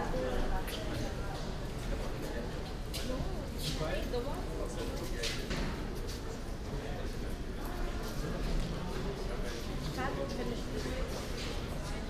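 A U-Bahn ride with a steady low rumble of the train running underneath everything. Voices of passengers talk throughout, overlapping in a dense murmur. Brief bright clicks and rattles pop up every second or so, with no pauses in the constant din.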